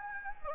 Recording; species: mosquito wingbeat signal from an infrared sensor; Anopheles gambiae